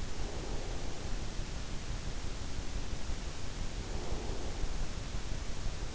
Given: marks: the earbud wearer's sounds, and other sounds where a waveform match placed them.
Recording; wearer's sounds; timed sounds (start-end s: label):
sounds in sleep by an in-ear microphone; breath
0.00-1.26 s: breath
3.64-5.02 s: breath